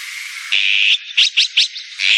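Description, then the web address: Azure-winged magpie calling loudly with buzzy, grating rasps: a long harsh note, then three quick choppy bursts and another long rasp. "sikioto. onaga"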